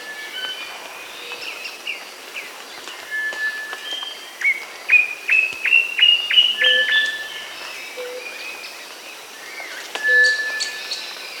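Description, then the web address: Black antbird song, a short series of several sharp notes rising slightly in pitch, set among other bird calls and whistles in a busy forest background. South America. "S America Andean Birds. Black Antbird (Cercomacra Serva)"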